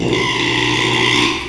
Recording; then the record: squeal of a Yucatan mini pig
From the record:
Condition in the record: after surgery on the right vocal fold (resection and tissue-engineered implant); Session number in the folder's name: 1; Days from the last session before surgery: 6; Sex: male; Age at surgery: 12 weeks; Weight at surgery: 13 kg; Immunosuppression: cyclosporine, prednisolone